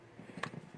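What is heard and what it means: A hex driver bit, the right size after a wrong-size bit left the screw spinning, is pushed into the quick-change chuck of an old Milwaukee M12 impact driver. A single sharp click at 0.4 s marks the bit snapping into place, and it is seated.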